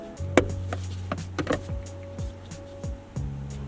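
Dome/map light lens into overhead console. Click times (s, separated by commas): 0.4 s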